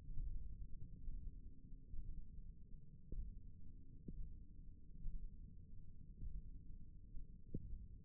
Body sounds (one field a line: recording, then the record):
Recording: forearm muscle sounds (acoustic myography)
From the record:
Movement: thumb flexion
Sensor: system 1, eight BSWA MPA416 microphones around the upper forearm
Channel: 1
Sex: male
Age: 23 years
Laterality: right